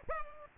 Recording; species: mosquito wingbeat signal from an infrared sensor; Culex pipiens